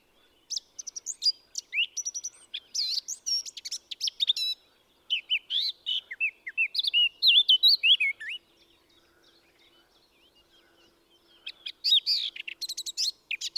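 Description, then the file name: Eurasian blackcap warbling song: dense scratchy chatter mixed with sweet twisting whistles in two long phrases, a quiet gap, then another burst begins. "Sylvia atricapilla"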